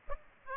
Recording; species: mosquito wingbeat signal from an infrared sensor; Aedes aegypti